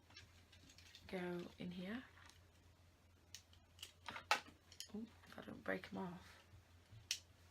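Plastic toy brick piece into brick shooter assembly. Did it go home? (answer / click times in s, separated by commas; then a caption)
partly / 7.1 s. Small plastic toy-brick pieces are pressed into a brick shooter holder on a toy helicopter build while someone talks, with light handling clicks throughout. One sharp click comes at 7.1 s, but the pieces are only partly seated and do not click in well.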